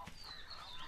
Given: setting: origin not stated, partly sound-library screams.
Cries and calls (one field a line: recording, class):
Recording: one-second piece from a danger detection set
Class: normal situation